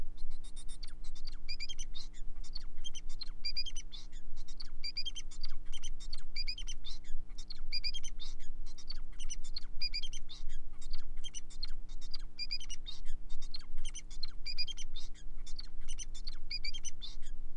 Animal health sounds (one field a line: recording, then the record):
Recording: song of a male Bengalese finch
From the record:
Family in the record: son of father 4